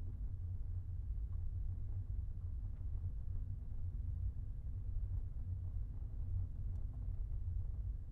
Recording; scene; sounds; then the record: everyday scene through a hearing-aid microphone; in a vehicle; engine, rumble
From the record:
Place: Skoda Fabia, gasoline engine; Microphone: behind the ear, right, rear